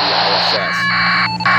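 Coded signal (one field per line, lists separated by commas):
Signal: packet radio (AX.25, as in APRS)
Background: speech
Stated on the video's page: APRS packet with the ISS worked in the field on a Kenwood TH-D74 handheld, with lots of static.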